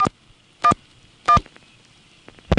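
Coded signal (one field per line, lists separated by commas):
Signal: DTMF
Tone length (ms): 80 ms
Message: 411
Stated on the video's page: Trunk signalling from senderized step-by-step (XY) exchanges in Manassas, 1976.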